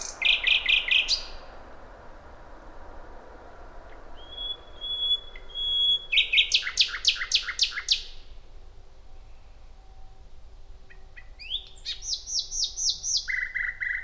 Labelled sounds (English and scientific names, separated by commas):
Common Nightingale (Luscinia megarhynchos) song